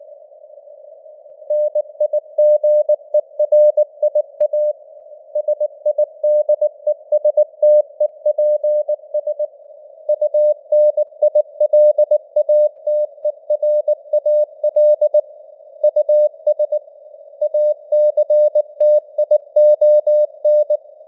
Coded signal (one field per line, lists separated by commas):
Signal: Morse code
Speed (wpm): 19 wpm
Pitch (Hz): 600 Hz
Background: none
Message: NIGERIA SIDESTEPS UNILATERAL US ACTION